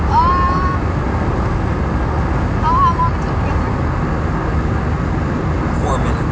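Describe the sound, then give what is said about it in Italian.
Steady, dense road rumble inside a moving car, a constant low roar that holds at the same level throughout, with a couple of faint, brief high whistles over it. “Nella macchina? Quanto manca per arrivare?”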